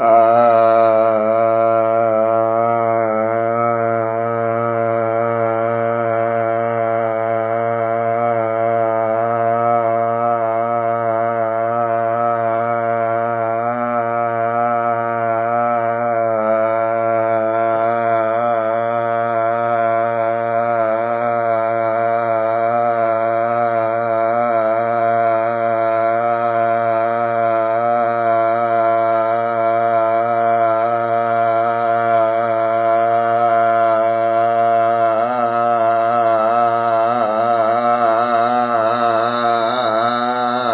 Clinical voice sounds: sustained vowel /a/; male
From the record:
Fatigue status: no fatigue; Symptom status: asymptomatic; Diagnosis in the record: COVID-19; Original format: 3gp

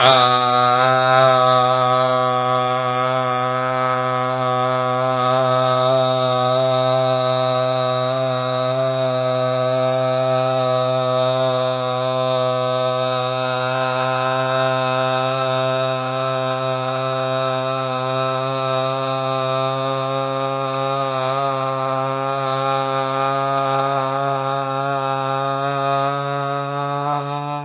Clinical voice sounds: sustained vowel /a/; male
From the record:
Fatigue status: no fatigue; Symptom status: symptomatic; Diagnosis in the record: COVID-19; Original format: 3gp

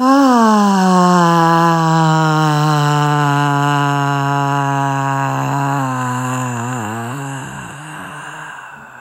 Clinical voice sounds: sustained vowel /a/; female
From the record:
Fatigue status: no fatigue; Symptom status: symptomatic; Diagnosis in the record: COVID-19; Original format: m4a

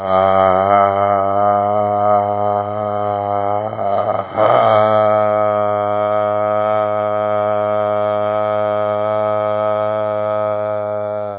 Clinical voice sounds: sustained vowel /a/; male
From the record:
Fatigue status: no fatigue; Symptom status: symptomatic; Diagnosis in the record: COVID-19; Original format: 3gp

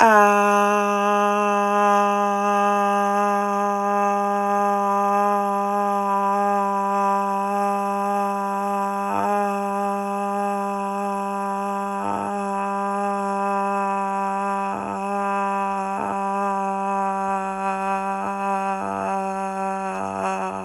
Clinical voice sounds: sustained vowel /a/; female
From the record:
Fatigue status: no fatigue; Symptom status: asymptomatic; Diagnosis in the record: COVID-19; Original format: m4a

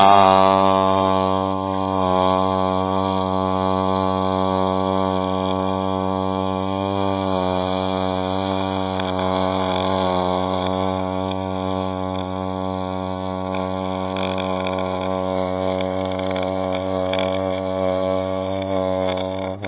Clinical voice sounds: sustained vowel /a/; male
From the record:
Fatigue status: no fatigue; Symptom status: asymptomatic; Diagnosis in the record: COVID-19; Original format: 3gp

